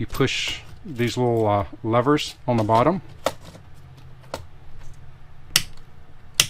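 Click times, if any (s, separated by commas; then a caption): 5.6 s, 6.4 s. A 63 amp circuit breaker is slid onto a DIN rail, and the small levers on its bottom are pushed so it clips onto the rail while someone talks. Two sharp clicks ring out at 5.6 and 6.4 seconds as the breaker locks in place on the rail.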